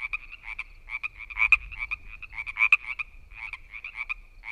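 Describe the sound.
Frogs giving quick rattling croaks, brief pulsed notes repeated in uneven bursts, over a faint low rumble.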